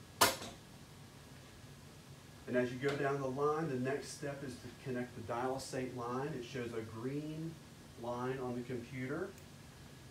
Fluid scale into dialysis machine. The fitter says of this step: push in your scale and hear it click and